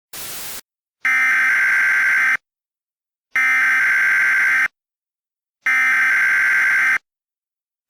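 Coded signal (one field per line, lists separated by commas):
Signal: Emergency Alert System (SAME) tones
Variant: header bursts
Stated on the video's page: Fictional mock EAS alert.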